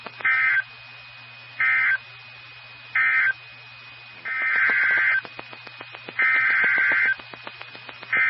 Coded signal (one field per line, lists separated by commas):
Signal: Emergency Alert System (SAME) tones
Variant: header bursts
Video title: EAS 2175-2183 (3/2 & 3/3/23)